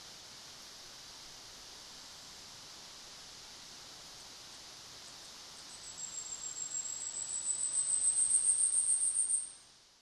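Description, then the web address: Asian stubtail song, an extremely high, thin pulsing series beginning softly midway and growing louder for several seconds before cutting off, over steady background hiss. Recorded at Tanzawa, Japan, on 26 May 2006. "koe yabusame 060526 tanzawa"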